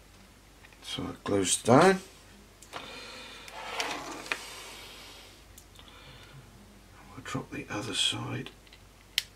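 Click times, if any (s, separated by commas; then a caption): 9.2 s. Someone talks while pressing the other side of a plastic part from an Airfix 1/48 Hawker Sea Hurricane Mk.Ib model kit into the aircraft assembly. Soft handling noises and a few light taps follow, and a small, sharp click at 9.2 s shows the part has seated.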